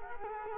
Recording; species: mosquito wingbeat signal from an infrared sensor; Culex quinquefasciatus